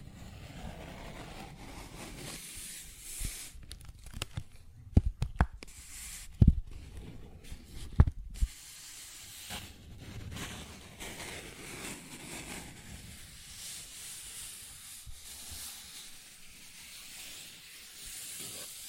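Paper bag rustles and scratches with a steady crinkly hiss, broken by a cluster of sharp taps between five and eight seconds.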